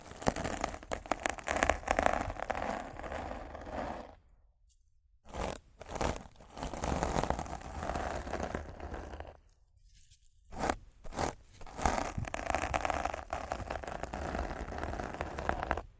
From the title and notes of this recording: ASMR Rough Mic Scratching & Brushing (No Talking).